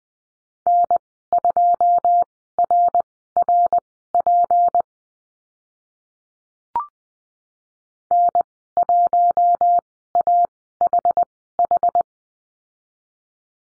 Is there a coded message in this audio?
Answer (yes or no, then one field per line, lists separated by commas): yes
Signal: Morse code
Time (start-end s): 0.7-12.0 s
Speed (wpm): 20 wpm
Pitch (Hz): 700 Hz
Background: none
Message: N2RRP N1AHH